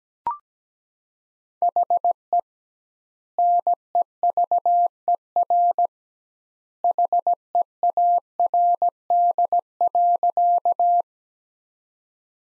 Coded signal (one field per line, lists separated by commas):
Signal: Morse code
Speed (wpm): 17 wpm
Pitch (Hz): 700 Hz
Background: none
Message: HE NEVER HEARD.